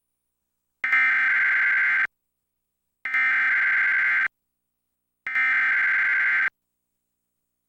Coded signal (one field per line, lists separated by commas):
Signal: Emergency Alert System (SAME) tones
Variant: header bursts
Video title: I will be using this in a future EAS scenario.